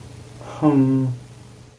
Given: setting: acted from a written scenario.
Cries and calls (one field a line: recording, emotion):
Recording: vocal sound without words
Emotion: romantic love